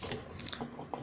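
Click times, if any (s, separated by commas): 0.5 s, 0.9 s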